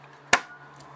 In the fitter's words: so now what we'll do is we'll press them down until they click go